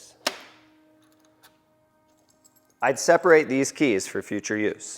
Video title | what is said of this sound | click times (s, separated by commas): How To Assemble Magnum Bliss E-Bike - Magnum Bikes | and just push until it clicks. | 0.3 s